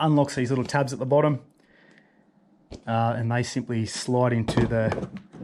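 Someone talks while handling a small plastic Milwaukee Packout stacking toolbox, with its bottom tabs being slid toward the modular tool storage box below, where it will lock. Brief faint knocks come at about 2.0 s and 2.7 s during a pause in the talking. Nothing has seated or clicked yet.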